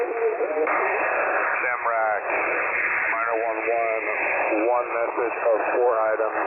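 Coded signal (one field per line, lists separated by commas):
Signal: coded military voice message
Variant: HFGCS Skymaster, English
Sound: radio operator speaking a callsign and phonetic-letter coded message over narrowband HF voice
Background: radio static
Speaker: a sky Master event for those of you who do not know is a military exercise uh and in specific we're talking about the communications that occur during these exercises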